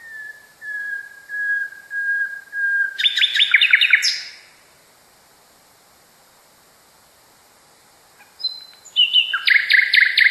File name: kicauan nightingale. omkicau